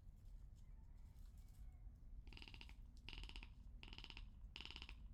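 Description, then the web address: Rock ptarmigan calls: four dry, rattling bursts less than a second apart, each a rapid string of harsh pulses, over a low rumbling background. Recorded 13 April 2019 with a Lewitt LCT 540 S microphone. "2019 04 13 lewitt lct 540 s and rock ptarmigan"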